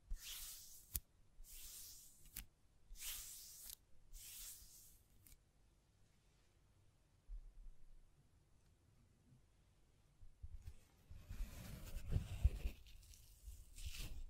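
Hand sounds against a microphone: four bursts of bright brushing and scratching in the first five seconds, each about a second long, with a few sharp taps between. A long quiet stretch follows, then rougher rubbing and low thumps return from about ten seconds on.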